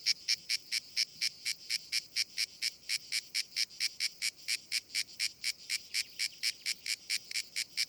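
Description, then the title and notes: Grey cicada singing in evenly spaced rasping pulses, a dry rhythmic ticking buzz with nothing else prominent. Known as Cacan in Provence; described as the most abundant and best-known cicada, easily recognised by its particular rhythm. "Nouvelle cigale dans &quot;ECOUTEZ NATURE&quot"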